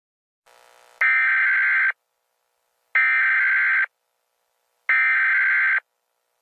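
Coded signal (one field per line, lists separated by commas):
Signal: Emergency Alert System (SAME) tones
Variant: header bursts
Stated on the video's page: A fictional EAS scenario, not a real alert.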